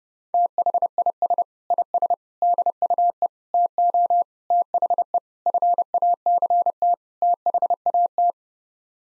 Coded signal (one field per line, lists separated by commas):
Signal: Morse code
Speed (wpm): 30 wpm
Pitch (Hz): 700 Hz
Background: none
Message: THIS IS DUE TO THE FACT THAT